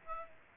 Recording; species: mosquito wingbeat signal from an infrared sensor; Aedes aegypti